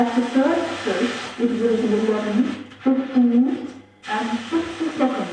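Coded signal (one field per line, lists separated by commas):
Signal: speaking clock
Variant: GPO Speaking Clock No. 1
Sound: a woman's voice speaking short phrases through heavy hiss and crackle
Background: hiss and crackle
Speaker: what we can hear there is ethel kane's voice but you'll note that there's an awful lot of crackle and hiss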